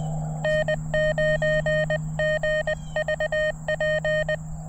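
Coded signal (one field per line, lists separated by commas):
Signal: Morse code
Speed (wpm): 24 wpm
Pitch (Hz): 600 Hz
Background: none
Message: N9GVP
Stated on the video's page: CW Parks on the Air activation with an Elecraft KX2 and Gabil GRA 7350TC antenna in a town park with much RF noise; conditions decent.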